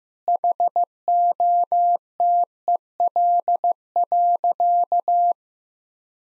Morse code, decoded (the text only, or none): HOTEL.